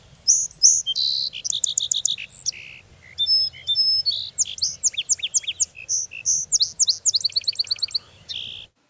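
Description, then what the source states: Song Sparrow songs, three varied songs in a row mixing clear notes and rapid trills, bright and high. Male; three different songs, each with a unique signature of trills and notes; males serenade potential mates with 6 to 12 different tunes, varying order between cycles.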